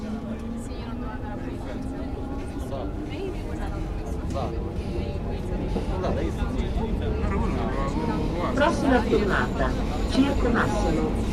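A Rome metro ride with a steady low rumble of the train running underneath voices talking throughout. A faint tone slowly rises through the first half, and the sound grows a little louder and busier after about eight seconds.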